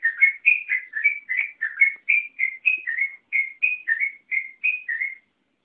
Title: Kicau Kacer